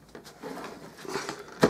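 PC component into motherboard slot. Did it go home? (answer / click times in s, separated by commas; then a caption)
no / none. A PC component is handled and lined up with its motherboard slot during a 2015 Aerocool AMD gaming PC build with a Palit GTX 680. Soft rustling handling noise is heard, with light taps at 0.2 s and 1.3 s and a louder knock at 1.6 s right at the end. Nothing has seated or clicked into the slot yet.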